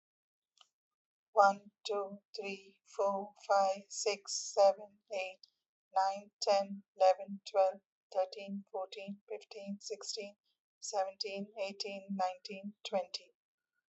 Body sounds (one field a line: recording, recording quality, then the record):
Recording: counting at a normal pace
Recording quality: excellent, no background noise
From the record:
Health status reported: healthy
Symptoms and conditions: hypertension, diabetes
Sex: female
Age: 62 years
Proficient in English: yes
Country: India